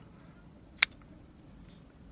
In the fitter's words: I didn't hear a pop.